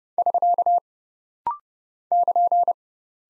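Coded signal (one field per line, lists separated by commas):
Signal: Morse code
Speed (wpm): 30 wpm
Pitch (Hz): 700 Hz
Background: none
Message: <SK> <KN>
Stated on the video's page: Rapid-fire 30 wpm practice drill of punctuation and prosign characters for head-copy, each sent, spoken, then sent again.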